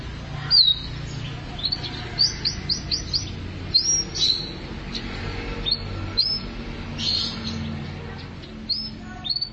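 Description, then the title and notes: Atlantic canary song, scattered high chirps and short whistled notes in quick bursts, over constant low background noise. "BM Suara Burung Kenari"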